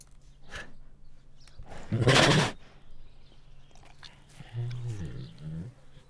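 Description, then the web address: Bengal tiger giving a forceful, noisy snort, followed by a lower, rumbling sound. Female Bengal tiger giving hard, loud snorts. "Sound Ideas Tigers Sound Effects"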